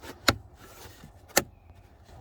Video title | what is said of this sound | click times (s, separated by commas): Lexus IS 250 / 350 Cabin Filter Replacement | make sure it's nice and secure like so and when you have it back in there you just you should hear an audible click | 0.3 s, 1.4 s